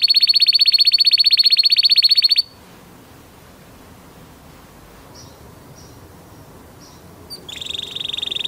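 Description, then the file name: Canary gives a rapid, even trill for over two seconds, falls nearly silent with faint soft notes, then resumes trilling near the end. "Canary Voice"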